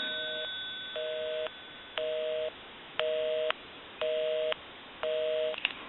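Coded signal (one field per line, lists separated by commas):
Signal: telephone call progress tone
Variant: North America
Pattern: busy tone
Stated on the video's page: A Western Electric 233G three-slot payphone during its initial checkout, repair and conversion.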